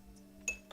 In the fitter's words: clicks in decent enough. Yes,